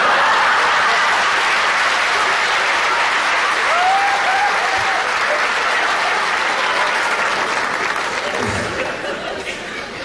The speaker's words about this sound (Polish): No w każdym razie pierwsza tura za nami. W drużynie wiwaty zwycięskie, a chówce uszy po sobie.